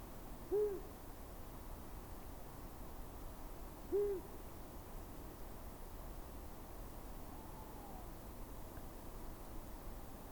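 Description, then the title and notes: Long-eared Owl song: two soft, low hoots about three and a half seconds apart, then only steady background hiss and rumble. Distant male hooting for nearly twenty minutes around midnight at edge of Scots pine wood, thaw and early spring, Plateau de Lesches-en-Diois, Drôme, 17 February 2021; Nagra BB+, cardioid MKH40 pair. "17 février 2021-Plateau de Lesches en diois - Drôme. Durant la nuit vers minuit un hibou moyen-duc est venu chanter au loin"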